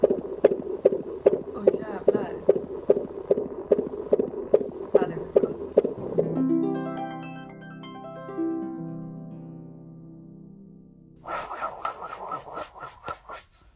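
Fast, regular galloping fetal heartbeat picked up by ultrasound Doppler, about 146 beats a minute, sounding like a galloping horse or a gnu, followed by a short musical jingle.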